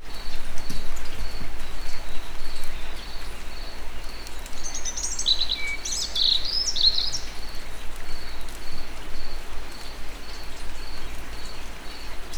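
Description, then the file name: European robin song, a brief phrase of thin, high, tinkling notes midway, over a steady rhythmic high pulsing and loud constant low noise. Recorded at Egerturistaház. "vorosbegy egerturistahaz"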